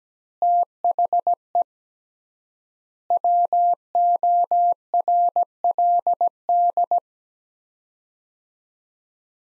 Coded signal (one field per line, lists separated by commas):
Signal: Morse code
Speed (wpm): 17 wpm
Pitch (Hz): 700 Hz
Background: none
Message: THE WORLD